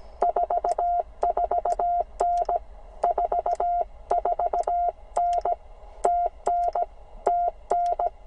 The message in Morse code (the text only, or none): 44N 44N TN TN